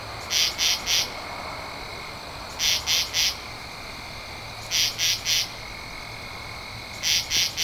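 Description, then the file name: Katydid calling with triple scratchy rasps, each group recurring about every two seconds over faint background hiss. Recorded 2 October 2012. "Katydid-20121002"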